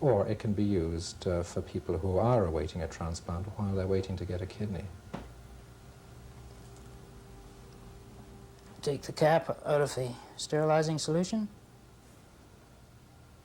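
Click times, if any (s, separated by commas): none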